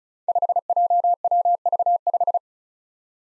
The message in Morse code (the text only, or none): 5JWV5